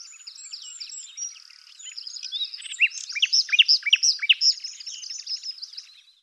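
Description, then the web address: Bird song: a continuous high, tumbling warble of chirps and slurred notes, growing louder in the middle and fading at the end. "cianscape birddata Deverinetal 2025 Bird Lu Me Lu Me"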